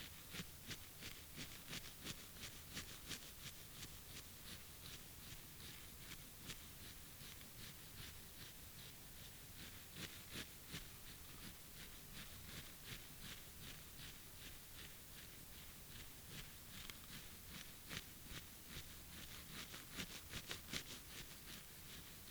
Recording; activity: daily activity, guitar pickup as the sensor; brush teeth